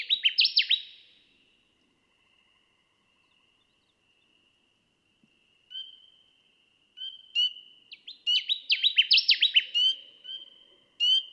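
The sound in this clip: Connecticut warbler singing a short, loud, choppy phrase of rapid slurred notes, then a long pause before another rolling burst. High thin repeated whistles continue in the background.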